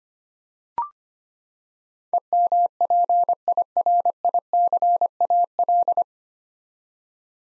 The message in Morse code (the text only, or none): EMPIRICAL